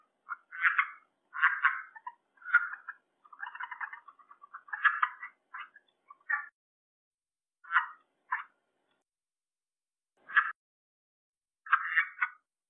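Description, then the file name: Red-eyed tree frog chuckling in a busy series of short clucks and brief rattles, then slowing to scattered single and paired chock notes. "red eye tree frog calling"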